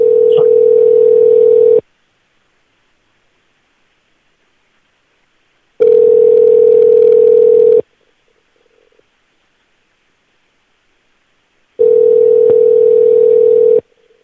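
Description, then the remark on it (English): A telephone tone, heard while a call to the Irish Welcome Tours office is being transferred, sounds three times, each a steady, loud, low-pitched hum lasting about two seconds, with roughly four seconds of silence between them and no talking. “Please leave a message after the tone. Wait while I transfer your call.”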